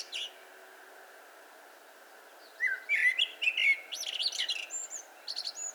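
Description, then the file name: Eurasian blackbird song: after a brief high squeak and quiet gap, one phrase of low fluted whistles breaking into a squeaky, twittering high ending, over a steady background hiss. "Turdus merula"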